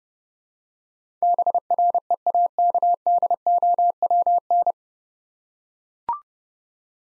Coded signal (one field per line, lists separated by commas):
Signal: Morse code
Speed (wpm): 28 wpm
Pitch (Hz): 700 Hz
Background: none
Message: BREAKDOWN